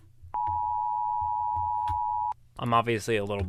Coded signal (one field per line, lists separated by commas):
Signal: Emergency Alert System (SAME) tones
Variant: 853 and 960 Hz attention tone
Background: speech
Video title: SCARIEST EAS Alarms TIER LIST